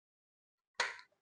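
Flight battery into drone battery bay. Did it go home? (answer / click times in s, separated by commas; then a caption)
yes / 0.8 s. An intelligent flight battery for a DJI drone is slid into the long battery slot in the drone body until its built-in clips lock. A single sharp click sounds at 0.8 s, fading out within about a quarter second. The battery is seated and locked in place.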